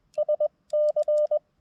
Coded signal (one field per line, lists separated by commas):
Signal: Morse code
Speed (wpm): 20 wpm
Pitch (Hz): 600 Hz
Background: none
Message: SC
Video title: Battle of the budget busters! Which radio would I prefer to listen to (KX2 vs TX-500)?